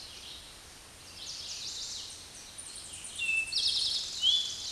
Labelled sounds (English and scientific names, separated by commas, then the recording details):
Eastern Towhee (Pipilo erythrophthalmus) song
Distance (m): 15 m
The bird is about 5 m below the microphone
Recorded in a Pennsylvania forest on 16 May 2024 at 06:40
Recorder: AudioMoth, point MSD-2058
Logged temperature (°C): 11.8 °C
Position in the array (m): 93 m, 14 m